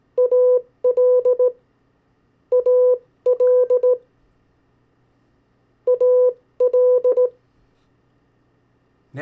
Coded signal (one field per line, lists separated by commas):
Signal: Morse code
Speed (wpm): 17 wpm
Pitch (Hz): 500 Hz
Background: none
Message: AL AL AL